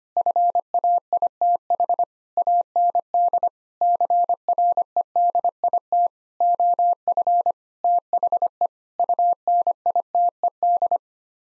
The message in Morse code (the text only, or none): FAITH AND CREDIT OF THE UNITED